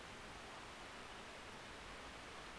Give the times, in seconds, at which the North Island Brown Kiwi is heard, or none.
none